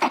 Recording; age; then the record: pig call; piglet (1 to 25 days)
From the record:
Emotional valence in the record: negative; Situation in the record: surprise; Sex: female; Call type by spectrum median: low-frequency call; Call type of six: mixed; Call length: 0.11 s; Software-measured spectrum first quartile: 732 Hz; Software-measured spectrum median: 1022 Hz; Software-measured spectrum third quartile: 1900 Hz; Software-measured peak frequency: 917 Hz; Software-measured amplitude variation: 149 dB a second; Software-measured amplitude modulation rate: 13.3 a second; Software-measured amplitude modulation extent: 11.2 dB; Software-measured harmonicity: 1.3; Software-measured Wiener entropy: -1.12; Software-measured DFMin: 702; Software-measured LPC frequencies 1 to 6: 900, 2220, 3480, 4425, 5752, 8068 Hz